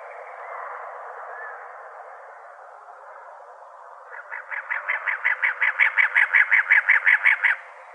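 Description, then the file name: Cactus wren, a burst of raspy, evenly repeated chattering notes that grows louder, after a quiet stretch of soft background noise. "CACW 1 deviche"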